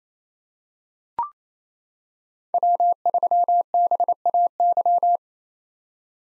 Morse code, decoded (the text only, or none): W3BAY